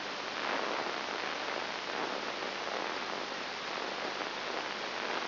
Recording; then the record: brain microelectrode recording played as sound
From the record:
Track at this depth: inside the subthalamic nucleus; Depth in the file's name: 1.904 mm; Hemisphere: left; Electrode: 3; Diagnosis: Parkinson's disease